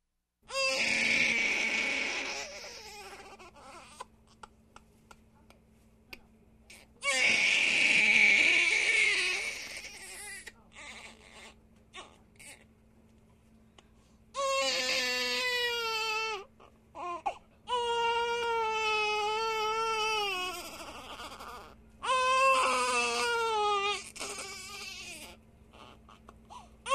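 An infant cries in about five bouts over 27 seconds, each lasting two to five seconds, with quiet gaps between. Early bouts are harsh and noisy; later ones are clearer, high-pitched wails that fall in pitch. A steady low hum runs underneath.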